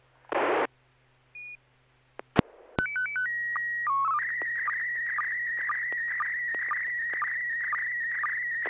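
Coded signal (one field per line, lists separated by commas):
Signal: SSTV (slow-scan television)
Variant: PD120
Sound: static burst, short beeping tone sequence, steady tone, then continuous warbling scan sound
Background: FM radio squelch noise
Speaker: Okay, well, this is going to be PD 120 and 6PGQ.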